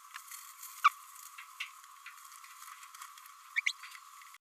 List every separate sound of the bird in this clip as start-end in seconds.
0.84-0.90, 3.56-3.61, 3.66-3.72